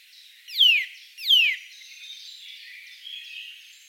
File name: Sitta europaea